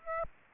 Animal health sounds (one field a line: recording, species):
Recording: mosquito wingbeat signal from an infrared sensor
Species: Aedes aegypti